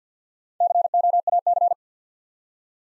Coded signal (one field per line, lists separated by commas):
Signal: Morse code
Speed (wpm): 48 wpm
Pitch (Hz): 700 Hz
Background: none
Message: COAC